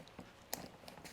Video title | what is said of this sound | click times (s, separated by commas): Triumph Icon T120 - Trip Machine Saddlebags. The Good and the Bad!! | can't really hear that, I suppose, but there's a good solid click there, and you just push the buckle, | 0.5 s